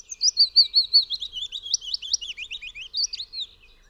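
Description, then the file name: Willow warbler song: a rapid cascade of liquid whistled notes that drifts down the scale, ending with a brief higher flourish. "Piecuszek"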